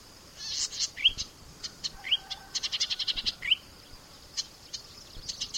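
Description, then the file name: Golden-headed cisticola song of fizzy buzzes and bright rising whistled notes, with a fast string of clicking notes and a few scattered ones. "suara cici merah omkicau"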